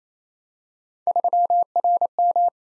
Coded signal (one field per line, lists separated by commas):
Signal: Morse code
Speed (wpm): 27 wpm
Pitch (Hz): 700 Hz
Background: none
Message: 3RM